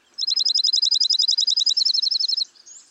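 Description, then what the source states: Dark-eyed Junco singing a fast, even, high trill of rapid repeated notes lasting over two seconds, ending abruptly, with little else audible. Dark-eyed Junco, nicknamed snowbird.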